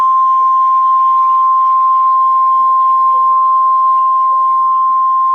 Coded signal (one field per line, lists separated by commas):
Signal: Emergency Alert System (SAME) tones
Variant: 1050 Hz attention tone